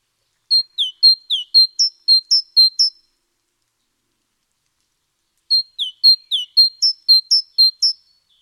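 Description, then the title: Great tit singing two bouts of quick, high, varied paired notes, each bout lasting about two and a half seconds, separated by silence. Nominate subspecies Parus major major. "G3latik b4t0. Great Tit (Parus major major)"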